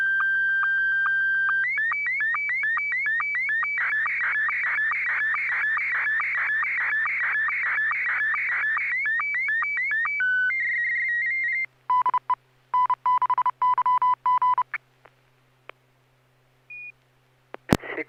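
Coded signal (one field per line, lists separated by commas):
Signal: SSTV (slow-scan television)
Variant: Scottie 1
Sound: steady high tone, then about 9 seconds of rapid warbling chirps, then Morse-like beeps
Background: Morse ID beeps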